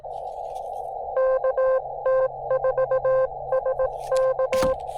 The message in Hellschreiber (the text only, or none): none